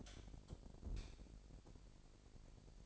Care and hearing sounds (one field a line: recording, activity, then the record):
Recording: daily activity, microphone in the room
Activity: light off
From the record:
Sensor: 5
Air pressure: 1012.0 hPa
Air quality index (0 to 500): 248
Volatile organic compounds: 4 ppm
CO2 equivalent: 1702 ppm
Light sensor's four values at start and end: 42/100/42/44 and 41/95/40/42